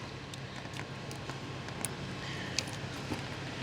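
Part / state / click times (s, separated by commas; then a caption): power module male connector into the stock engine harness connector / seated / 1.9 s, 2.6 s. The male side of a plastic Scorcher power module connector is pushed onto the stock engine harness connector on a 3.0L Duramax (LZ0) Chevy Silverado 1500/GMC Sierra 1500. Over a steady low background hum with a few faint ticks, two sharp clicks ring out at 1.9 s and 2.6 s. The connector is seated.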